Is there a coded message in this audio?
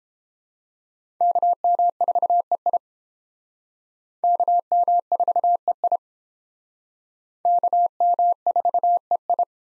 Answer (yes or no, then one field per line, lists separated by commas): yes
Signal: Morse code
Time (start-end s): 1.2-9.4 s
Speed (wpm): 28 wpm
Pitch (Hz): 700 Hz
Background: none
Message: KM4EI KM4EI KM4EI